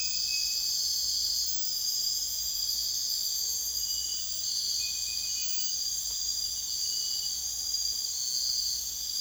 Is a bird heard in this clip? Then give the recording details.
no. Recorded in secondary vegetation near Puerto Asís, Putumayo, Colombia, on 22 June 2025 at 02:30. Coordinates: 0.485, -76.322. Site GP06